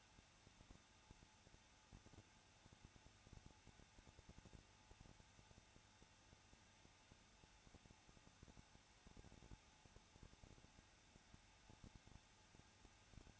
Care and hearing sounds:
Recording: daily activity, microphone in the room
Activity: no activity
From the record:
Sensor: 2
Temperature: 21.0 degrees Celsius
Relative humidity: 34.2%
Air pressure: 994.4 hPa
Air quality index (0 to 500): 171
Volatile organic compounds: 3 ppm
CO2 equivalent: 1328 ppm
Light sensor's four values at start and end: 2/3/2/2 and 2/3/2/2

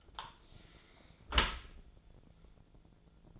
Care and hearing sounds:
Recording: daily activity, microphone in the room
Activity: close dishwasher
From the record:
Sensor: 5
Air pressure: 1000.6 hPa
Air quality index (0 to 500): 153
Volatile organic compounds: 2 ppm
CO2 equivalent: 1176 ppm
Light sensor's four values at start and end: 41/94/40/43 and 41/93/40/43

